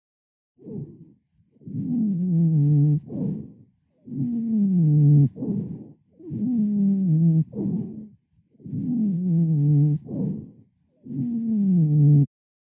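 Musical, whistling tones with a falling pitch recur with every breath, about 26 a minute: a long tone, then a shorter one. This is wheezing, caused by airflow through narrowed airways; without flow there is no sound. It is usually heard more clearly on expiration, and forced expiration brings it out. The sound is often compared to a cat's meow.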